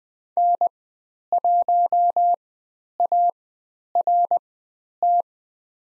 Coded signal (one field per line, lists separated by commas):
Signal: Morse code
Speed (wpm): 20 wpm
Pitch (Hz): 700 Hz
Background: none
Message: N1ART